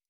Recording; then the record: hydrophone in a shrimp aquaculture tank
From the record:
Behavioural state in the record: stressed